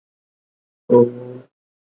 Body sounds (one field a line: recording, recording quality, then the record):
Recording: sustained vowel as in boot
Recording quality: excellent, no background noise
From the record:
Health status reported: healthy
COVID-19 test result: negative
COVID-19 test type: RT-PCR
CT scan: not taken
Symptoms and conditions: fever, muscle pain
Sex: female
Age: 45 years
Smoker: no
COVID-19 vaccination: both doses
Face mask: worn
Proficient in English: yes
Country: India